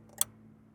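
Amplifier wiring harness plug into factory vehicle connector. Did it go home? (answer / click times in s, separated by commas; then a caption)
yes / 0.2 s. An amplifier wiring harness plug is pushed a little further into the factory vehicle connector of a Toyota GR Corolla until it latches. A faint tick at 0.1 s is followed by a sharp, bright click at 0.2 s, with a steady low hum underneath. The plug is seated.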